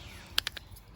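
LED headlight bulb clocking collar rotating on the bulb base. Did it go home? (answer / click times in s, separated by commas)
yes / 0.4 s, 0.5 s, 0.6 s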